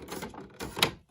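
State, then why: Seated. An endless embroidery hoop is pushed onto the attachment of a sewing machine's embroidery unit while someone talks, and it snaps into place with a sharp click at 0.8 s. A fainter short sound follows at the very end. The hoop is seated.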